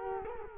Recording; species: mosquito wingbeat signal from an infrared sensor; Culex quinquefasciatus